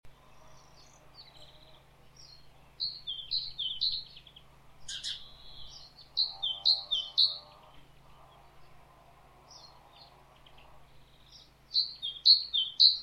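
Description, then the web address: Great tit song: bursts of three two-note phrases, high then lower, repeated every few seconds, one sharp loud chirp, and a low droning hum in the middle section. "SETE data Parus major"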